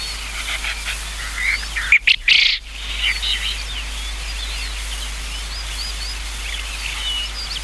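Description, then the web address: Japanese quail calling once with a short, rasping triple burst amid steady twittering of small birds. "sikioto. uzura"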